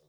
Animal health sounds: pig call; piglet (1 to 25 days)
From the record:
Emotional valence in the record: positive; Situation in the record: reunion after long isolation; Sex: male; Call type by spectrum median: low-frequency call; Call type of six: low-frequency tonal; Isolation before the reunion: 8 minutes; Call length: 0.09 s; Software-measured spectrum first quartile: 380 Hz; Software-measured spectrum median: 991 Hz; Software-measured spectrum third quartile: 7928 Hz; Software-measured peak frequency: 510 Hz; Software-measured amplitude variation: 31 dB a second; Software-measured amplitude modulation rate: 11.4 a second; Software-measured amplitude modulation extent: 2.8 dB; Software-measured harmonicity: 4.7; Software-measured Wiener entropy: -2.96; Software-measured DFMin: 1111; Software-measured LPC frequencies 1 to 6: 500, 3732, 5325, 6827, 8786, 9815 Hz

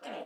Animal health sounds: pig call; piglet (1 to 25 days)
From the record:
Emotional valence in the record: negative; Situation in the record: restrain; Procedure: in the arms of a person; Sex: male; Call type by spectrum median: low-frequency call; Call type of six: low-frequency stable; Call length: 0.26 s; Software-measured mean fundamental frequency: 61 Hz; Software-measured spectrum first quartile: 558 Hz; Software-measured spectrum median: 794 Hz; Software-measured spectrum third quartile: 1998 Hz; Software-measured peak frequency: 623 Hz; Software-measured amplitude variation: 119 dB a second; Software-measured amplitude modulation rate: 24.9 a second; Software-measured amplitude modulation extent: 4.8 dB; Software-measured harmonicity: 1.3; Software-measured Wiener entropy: -1.35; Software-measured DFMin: 1088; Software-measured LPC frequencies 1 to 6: 649, 1507, 2817, 3944, 4765, 5590 Hz

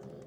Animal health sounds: pig call; piglet (1 to 25 days)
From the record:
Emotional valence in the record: negative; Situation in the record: long isolation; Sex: female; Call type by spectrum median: low-frequency call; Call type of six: low-frequency stable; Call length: 0.27 s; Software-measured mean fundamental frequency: 51 Hz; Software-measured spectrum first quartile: 184 Hz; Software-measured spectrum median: 356 Hz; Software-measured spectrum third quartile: 539 Hz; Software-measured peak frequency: 405 Hz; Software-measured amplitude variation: 135 dB a second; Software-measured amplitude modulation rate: 18.7 a second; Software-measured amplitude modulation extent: 7.2 dB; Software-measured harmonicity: 0.5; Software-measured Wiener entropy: 0.40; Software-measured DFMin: 1094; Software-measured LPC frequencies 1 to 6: 454, 3170, 4602, 5242, 6138, 6783 Hz

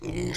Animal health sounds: pig call; weaner (32 to 43 days)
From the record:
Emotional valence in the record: negative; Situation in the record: long isolation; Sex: female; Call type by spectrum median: low-frequency call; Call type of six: high-frequency modulated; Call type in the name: high-frequency modulated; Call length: 0.38 s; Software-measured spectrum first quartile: 250 Hz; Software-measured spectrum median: 789 Hz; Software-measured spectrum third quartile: 3951 Hz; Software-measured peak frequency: 340 Hz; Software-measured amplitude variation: 125 dB a second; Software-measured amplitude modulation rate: 21.2 a second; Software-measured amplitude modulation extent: 5.9 dB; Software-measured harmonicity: 2.3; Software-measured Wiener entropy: -3.61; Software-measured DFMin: 1492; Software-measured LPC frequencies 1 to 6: 358, 2123, 3308, 4768, 5964, 6987 Hz

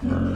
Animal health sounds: pig call; growing-finishing pig (85 days or more)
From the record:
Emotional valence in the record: negative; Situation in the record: barren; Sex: male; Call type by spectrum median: low-frequency call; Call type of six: low-frequency modulated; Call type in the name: low-frequency modulated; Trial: 2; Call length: 0.35 s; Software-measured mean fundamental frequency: 47 Hz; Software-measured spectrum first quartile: 128 Hz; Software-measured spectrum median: 232 Hz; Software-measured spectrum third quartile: 379 Hz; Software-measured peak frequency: 248 Hz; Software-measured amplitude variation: 134 dB a second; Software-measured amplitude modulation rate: 25.4 a second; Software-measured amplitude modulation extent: 5.3 dB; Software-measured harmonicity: -0.2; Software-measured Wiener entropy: -0.74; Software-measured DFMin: 911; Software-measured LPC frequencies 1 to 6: 272, 1411, 2981, 4629, 5438, 6831 Hz

